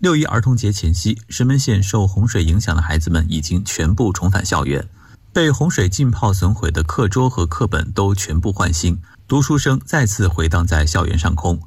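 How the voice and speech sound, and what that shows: A man reads a Mandarin news report in a steady, fluent, clear voice with brief natural pauses.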